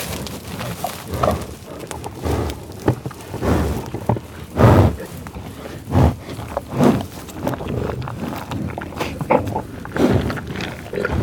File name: felix blume. buffalos eating grunting growling sniffing tall grass prairie oklahoma usa